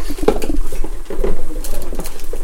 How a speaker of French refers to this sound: Et donc là, nous pouvons entendre les œufs de la poule bouillir.